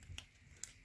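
Lifting the plastic locking tab on the rear wiper blade adapter of a 2011 Nissan Cube and pulling the blade off the metal rear wiper arm produces two sharp plastic clicks at 0.2 s and 0.6 s. The blade clip unlatches and the blade comes free of the arm.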